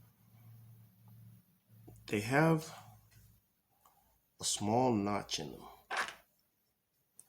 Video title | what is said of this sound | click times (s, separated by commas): Adding wheel spacers on Hot Wheel/Matchbox axels | that actually slips right over the axle pops right in | 7.2 s